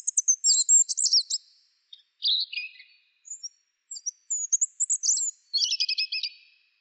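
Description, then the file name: Asian brown flycatcher, rapid high twittering phrases with squeaky chips and buzzy trills, delivered almost continuously with brief gaps. "sikatan bubik"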